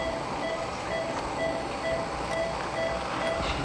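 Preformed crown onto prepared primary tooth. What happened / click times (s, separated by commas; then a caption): Handled, not yet seated: no snap of the crown onto the tooth / none. A preformed stainless steel crown is being handled for a test fit on a prepared primary molar, where it is meant to be pressed down until it snaps over the tooth. A steady broadband hum fills the clip, with a short pair of tones repeating about every half second. The crown has not snapped or seated yet.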